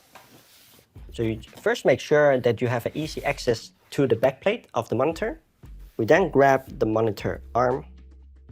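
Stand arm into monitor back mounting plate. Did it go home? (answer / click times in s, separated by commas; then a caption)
no / none. A monitor stand arm is handled near the back mounting plate of a Philips 27B2G5500 monitor, getting ready to be pushed in until it latches while someone talks. Nothing has seated or clicked yet.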